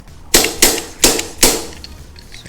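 A seal driver drives a fork oil seal into the outer tube of an upside-down fork on a DRZ400SM motorcycle. Four sharp metal impacts ring out at 0.4, 0.6, 1.0 and 1.4 seconds, each decaying quickly, and the seal bottoms out fully seated.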